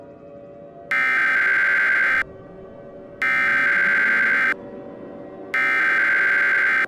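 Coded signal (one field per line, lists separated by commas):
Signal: Emergency Alert System (SAME) tones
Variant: header bursts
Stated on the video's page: Fictional scenario alert, self-made, containing valid tones.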